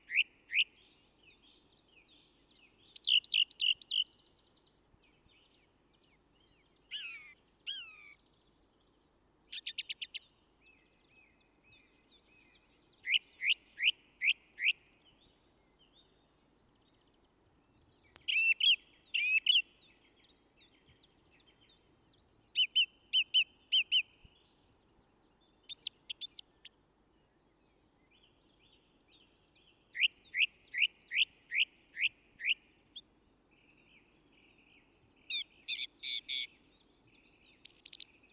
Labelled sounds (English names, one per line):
Song Thrush song